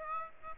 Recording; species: mosquito wingbeat signal from an infrared sensor; Aedes aegypti